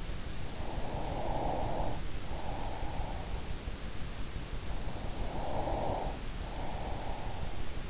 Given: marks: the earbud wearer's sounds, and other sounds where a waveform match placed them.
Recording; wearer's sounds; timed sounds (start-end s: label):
sounds in sleep by an in-ear microphone; breath
0.40-3.72 s: breath
5.17-7.90 s: breath